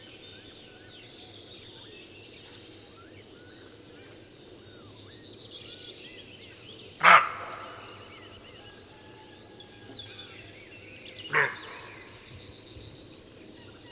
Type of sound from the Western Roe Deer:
call